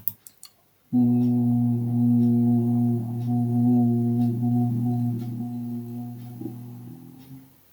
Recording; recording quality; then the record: sustained vowel as in boot; moderate, slight background noise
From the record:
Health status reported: healthy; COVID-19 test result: not tested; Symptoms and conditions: none ticked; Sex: male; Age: 24 years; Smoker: not ticked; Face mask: not worn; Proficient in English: yes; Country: India